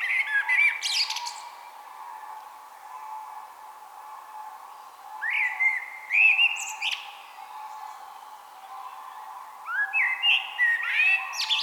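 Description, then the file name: Eurasian blackbird song in three bursts of mellow whistles and scratchy high twitters, separated by quieter stretches with a steady background hum. "Turdus merula"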